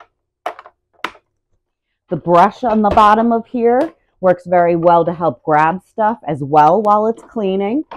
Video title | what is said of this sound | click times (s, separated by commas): BISSELL Turboclean Powerbrush Pet Upright Carpet Cleaner | you're going to just snap your little green latches on again | 0.5 s, 1.0 s